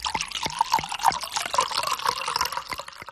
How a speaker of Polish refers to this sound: Najlepiej o tym się przekonać po prostu, jak się odkręci kran i spróbuję tej wody.